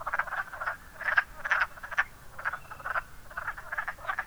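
Wood frogs producing short raspy clucks in irregular clusters, several callers overlapping.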